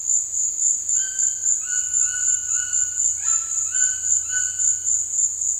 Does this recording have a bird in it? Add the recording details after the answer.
yes. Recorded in dense forest near Puerto Asís, Putumayo, Colombia, on 23 June 2025 at 16:30. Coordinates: 0.468, -76.322. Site GP03